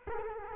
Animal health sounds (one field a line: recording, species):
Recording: mosquito wingbeat signal from an infrared sensor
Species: Culex quinquefasciatus